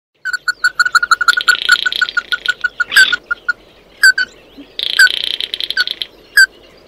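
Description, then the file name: Bird sounding a series of clipped notes with two long buzzy bursts, and a few louder, sharper single calls. "Tieng chim mat do"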